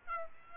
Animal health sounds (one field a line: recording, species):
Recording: mosquito wingbeat signal from an infrared sensor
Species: Aedes aegypti